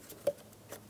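A harness connector is handled and pushed toward the reinstalled mass airflow sensor on a 2007-2012 Nissan Altima. A sharp tick is heard at 0.3 s, followed by a fainter one near 0.7 s. Nothing has seated or clicked yet.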